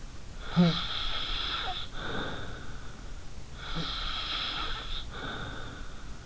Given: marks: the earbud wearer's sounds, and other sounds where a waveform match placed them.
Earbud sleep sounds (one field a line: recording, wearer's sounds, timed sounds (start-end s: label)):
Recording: sounds in sleep by an in-ear microphone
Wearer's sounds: snoring breath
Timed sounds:
0.34-3.04 s: snoring breath
3.58-6.19 s: snoring breath